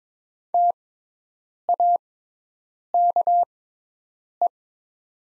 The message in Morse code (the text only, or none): TAKE